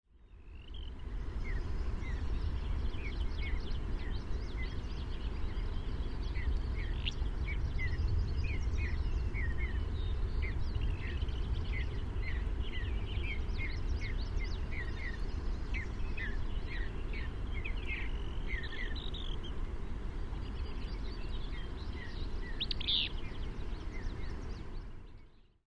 Listen for the low chirp of a Mountain bluebird in the Lower Slough Creek Valley.